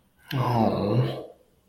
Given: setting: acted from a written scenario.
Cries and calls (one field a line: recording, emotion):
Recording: vocal sound without words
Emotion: sympathy